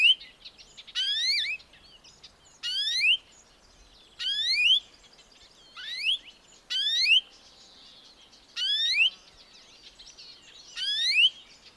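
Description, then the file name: European greenfinch, several bursts of repeated rising calls at irregular intervals. "Chloris chloris"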